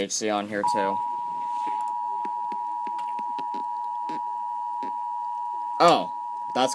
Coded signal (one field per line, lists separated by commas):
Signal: Emergency Alert System (SAME) tones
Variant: 853 and 960 Hz attention tone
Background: speech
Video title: EAS 793 SVR NWS Mt. Holly NJ